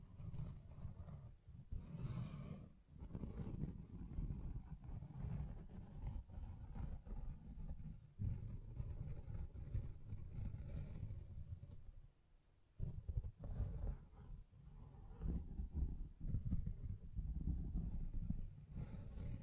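Hands brush and scratch against a microphone, producing dense, low rumbling rubs with occasional taps and a brief pause near twelve seconds.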